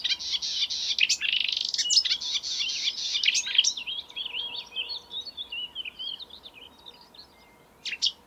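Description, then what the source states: Marsh warbler song: a dense, fast stream of buzzy chatter and sharp notes high in pitch, easing into quieter whistled, rising and falling phrases, then brief loud chips near the end. May 2020.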